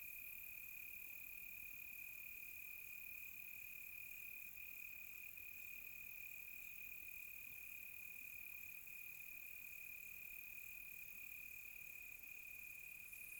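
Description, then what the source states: Cricket: a continuous high trill lasting the whole stretch, even and unchanging, with a faint shimmering higher layer. Crickets recorded close on a quiet tropical night.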